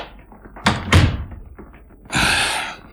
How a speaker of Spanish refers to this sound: Cerraré la puerta.